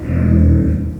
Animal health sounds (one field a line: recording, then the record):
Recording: squeal of a Yucatan mini pig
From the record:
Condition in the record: after surgery on the right vocal fold (resection and tissue-engineered implant)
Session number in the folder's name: 7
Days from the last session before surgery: 47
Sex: female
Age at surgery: 19 weeks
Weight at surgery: 25 kg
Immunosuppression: prednisolone